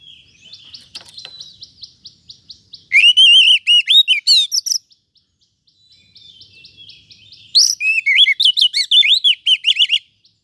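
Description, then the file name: Oriental magpie-robin song: two loud bursts of varied, wavering whistled and warbled phrases, at about three and seven seconds, with soft thin high notes in between. "Suara-Kacer-Versi-1"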